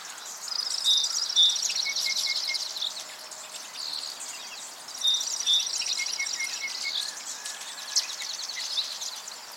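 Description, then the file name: Song sparrow singing two songs about four seconds apart, each with buzzy trilled notes and a few short lower notes, over steady background noise. "Melospiza melodia - Song Sparrow"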